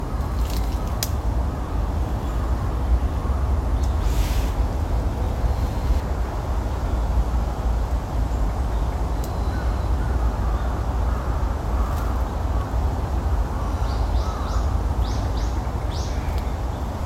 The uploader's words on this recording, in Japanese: 公園の朝散歩より。朝、公園で聴こえてくる小川のせせらぎや滝のオト、小鳥のさえずりや落ち葉ふみなど、四季折々に日々変化するオト。